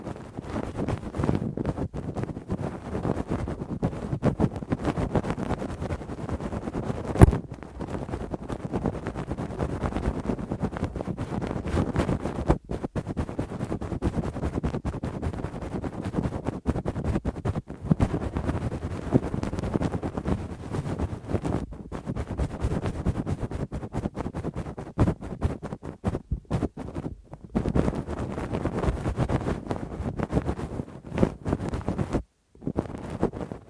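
Deep ear cleaning with a Q-tip and ear pick makes a dense, rough, low scratching rumble, broken by brief silent gaps every few seconds.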